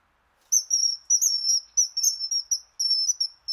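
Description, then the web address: Bird song made of very high, thin, piercing notes strung in quick clusters, with a brief pause between groups. "az brid sounds"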